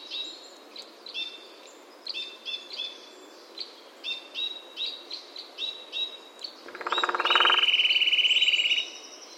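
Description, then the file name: Eurasian nuthatch trill, a loud rapid run of high piping notes near the end, following a stretch of scattered softer chirps. "Sitta europaea"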